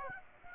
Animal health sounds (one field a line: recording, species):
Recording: mosquito wingbeat signal from an infrared sensor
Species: Aedes aegypti